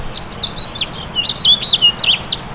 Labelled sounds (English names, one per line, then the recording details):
House Finch song
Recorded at Montauk on Long Island, New York, on 15 June 2013
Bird K